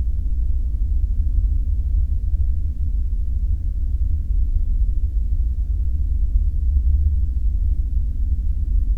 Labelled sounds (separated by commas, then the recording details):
flare stack
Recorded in the Prudhoe Bay oil fields, Alaska, on 5 September 2019 at 00:16
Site 14